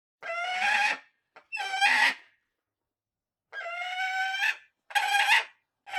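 Common buzzard uttering loud, grating screeches, several drawn-out rasping cries separated by pauses, one long gap midway.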